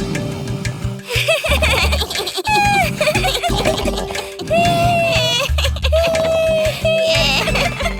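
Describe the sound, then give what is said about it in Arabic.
Children giggle and squeal in loud, overlapping bursts of high-pitched laughter while playing in a house, with short pauses between the outbursts and some playful shrieks rising above the clatter of play. “أحدث الأطفال ضجة بالمنزل، مما أيقظ الكاهن فقام باللعب معهم.”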